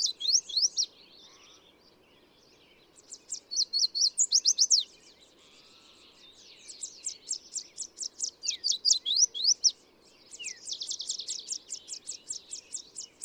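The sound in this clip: Bird singing repeated high trilled phrases with sharp falling notes, several bursts throughout, a faint low hum underneath.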